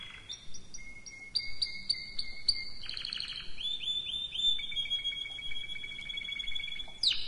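Canary singing a series of short repeated chirps, then slurred notes and a long, steady whistled trill, closing with a sharp rising note.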